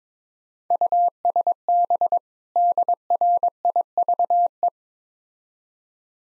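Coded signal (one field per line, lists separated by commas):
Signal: Morse code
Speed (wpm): 24 wpm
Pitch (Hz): 700 Hz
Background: none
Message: USB DRIVE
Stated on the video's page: Morse practice of easy words at 22 wpm in speed-racing format, starting fast and slowing down, with contextual hints.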